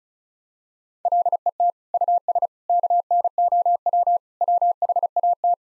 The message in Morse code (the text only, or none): LET US KNOW WHAT